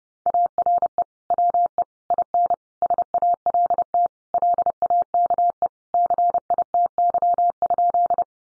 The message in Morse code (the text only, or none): ARE WE IN SALT LAKE CITY?